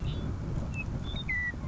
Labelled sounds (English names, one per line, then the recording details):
Western Meadowlark
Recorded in Sonoma County, California